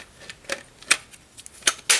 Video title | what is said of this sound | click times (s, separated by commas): Nerf Zombie strike Scravenger | It snaps into place kind of securely, and yes, | 1.9 s